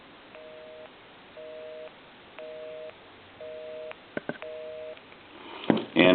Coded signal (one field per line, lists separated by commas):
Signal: telephone call progress tone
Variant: North America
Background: speech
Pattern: busy tone